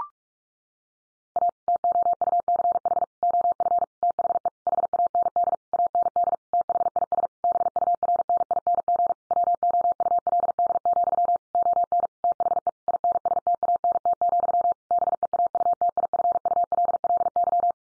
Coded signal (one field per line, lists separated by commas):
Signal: Morse code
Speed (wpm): 44 wpm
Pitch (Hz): 700 Hz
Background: none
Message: A TOUCH OF THE HAND AND THIS BURNING WOULD, ON THE INSTANT, BEAUTIFULLY